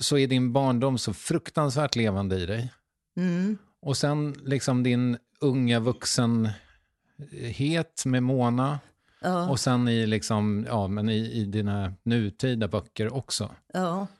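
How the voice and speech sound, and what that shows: A man speaks conversational Swedish in a fluent, clear voice of medium-low pitch, with natural phrasing and brief pauses, and short 'mm' and 'ja' replies from a listener. Voice, articulation and rhythm are ordinary, with no audible speech disorder.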